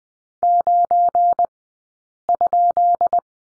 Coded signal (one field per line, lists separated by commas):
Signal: Morse code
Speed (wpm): 20 wpm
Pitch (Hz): 700 Hz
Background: none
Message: 9?